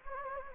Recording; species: mosquito wingbeat signal from an infrared sensor; Anopheles gambiae